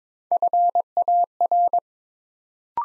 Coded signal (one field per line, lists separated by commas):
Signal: Morse code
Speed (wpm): 22 wpm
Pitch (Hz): 700 Hz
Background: none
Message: FAR